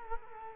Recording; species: mosquito wingbeat signal from an infrared sensor; Culex quinquefasciatus